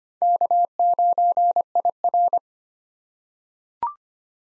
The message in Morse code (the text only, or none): K9IR